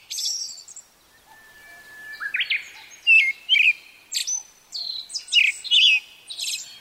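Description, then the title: Brown-headed thrush song: varied whistled notes, upslurs and buzzy notes in quick succession. Recorded on Mount Tennyo, Yamanashi Prefecture, Japan. "天女山（山梨県）のアカハラ"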